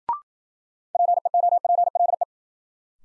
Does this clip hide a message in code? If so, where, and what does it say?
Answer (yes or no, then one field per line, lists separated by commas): yes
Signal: Morse code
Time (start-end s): 0.9-2.2 s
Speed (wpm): 53 wpm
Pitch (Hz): 700 Hz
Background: none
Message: PEOPLE